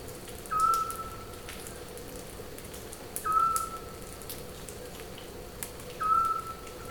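Scops owl call: a single short, clear whistled note repeated about every two to three seconds, three times, with faint clicks and patter in the background.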